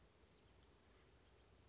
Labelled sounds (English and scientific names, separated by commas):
Chestnut-backed Chickadee (Poecile rufescens)